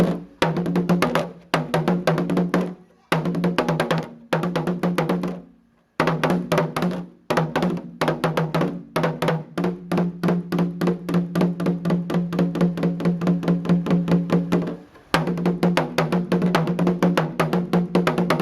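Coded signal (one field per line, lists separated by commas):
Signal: talking drum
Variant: Akan atumpan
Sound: fast steady low drum strokes, about four per second, in phrases with short breaks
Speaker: So this is a video of a drama conveying information using the drums. So people that understand drum language, or the people who are part of a community, would understand what the drama is trying to put across.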